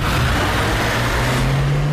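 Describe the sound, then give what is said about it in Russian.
A car pulls away, its steady low engine hum rising gradually in pitch as it accelerates, over a constant wash of road and motor noise. No voices are heard. “Машина отъезжает.”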